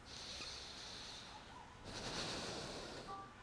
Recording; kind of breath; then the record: one breath in and out by a microphone near the nose and mouth; deep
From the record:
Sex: male